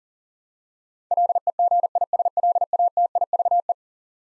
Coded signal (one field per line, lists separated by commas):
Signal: Morse code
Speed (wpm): 40 wpm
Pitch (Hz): 700 Hz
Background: none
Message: LEGISLATIVE